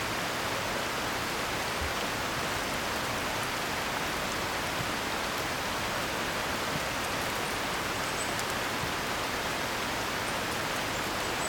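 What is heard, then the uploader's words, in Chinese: Recorded at a lake, a steady, dense wash of rushing water fills the whole scene without pause, full and hissing from low rumble to bright top. Faint high chirps flicker briefly in the background around the middle and near the end. 11:00am 美山湖。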